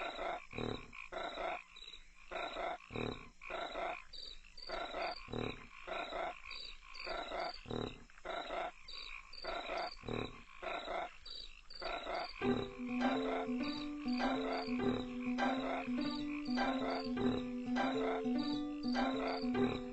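Toads croak in a steady, rapid series of rasping pulses that carries on for the whole stretch, joined midway by a lower, sustained trilling drone. No voices are heard.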